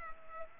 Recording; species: mosquito wingbeat signal from an infrared sensor; Culex pipiens